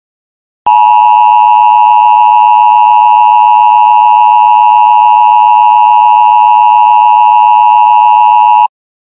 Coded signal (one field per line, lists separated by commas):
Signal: Emergency Alert System (SAME) tones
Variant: 853 and 960 Hz attention tone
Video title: EAS Mini-Scenario 1: Dangerous Autopilot